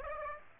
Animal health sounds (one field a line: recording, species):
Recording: mosquito wingbeat signal from an infrared sensor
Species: Aedes aegypti